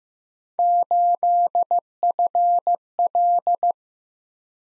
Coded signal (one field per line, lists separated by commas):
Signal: Morse code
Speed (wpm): 15 wpm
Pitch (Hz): 700 Hz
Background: none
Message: 8FL